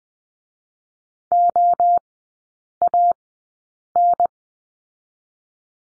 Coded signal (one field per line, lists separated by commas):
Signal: Morse code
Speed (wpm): 20 wpm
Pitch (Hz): 700 Hz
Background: none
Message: OAN